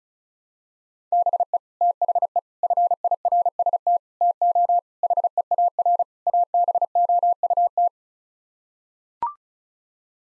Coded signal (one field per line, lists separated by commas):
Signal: Morse code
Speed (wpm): 34 wpm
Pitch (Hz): 700 Hz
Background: none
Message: BE THE FIRST TO HEAR ABOUT